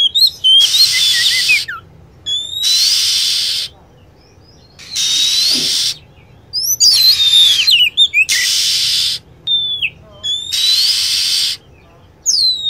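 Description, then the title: Lovebird calls: brief shrill chirps and squeaks scattered between regular one-second bursts of loud hissing noise. Lure call for attracting lovebirds. "PIKAT BURUNG LOVEBIRD"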